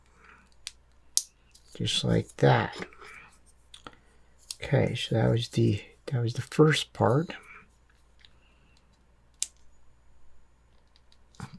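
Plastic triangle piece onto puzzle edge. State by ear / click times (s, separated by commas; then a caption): seated / 9.4 s. A plastic triangle piece is snapped onto an edge of a Tuttminx F1 puzzle, seating with a loud, sharp click at 9.4 s. Someone talks earlier in the clip, with a few faint clicks and taps scattered around the speech and near the end.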